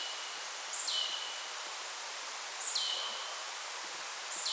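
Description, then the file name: Marsh tit repeating a high note that drops to a sustained lower whistle, three times about two seconds apart, with steady noise behind. "Poecile palustris"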